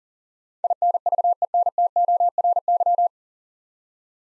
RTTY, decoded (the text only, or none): none